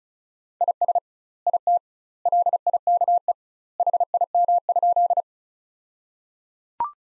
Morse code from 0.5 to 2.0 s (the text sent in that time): IS IT